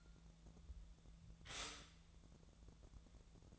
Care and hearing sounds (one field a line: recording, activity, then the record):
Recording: daily activity, microphone in the room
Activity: stop toaster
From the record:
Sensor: 3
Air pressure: 1000.3 hPa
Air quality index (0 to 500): 157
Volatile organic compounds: 3 ppm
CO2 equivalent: 1381 ppm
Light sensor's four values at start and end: 36/92/39/42 and 36/92/39/42